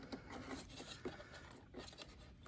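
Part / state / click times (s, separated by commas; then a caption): wiring harness connector onto automatic air recirculation sensor / not seated / none. A plastic wiring harness connector is picked up and lined up with the automatic air recirculation (AUC) sensor on a 2005 BMW 325xi (E46) before being pushed home. Soft rubbing and scraping are heard, with brief handling knocks at about 0.1 s and 1.1 s. Nothing has seated or clicked yet.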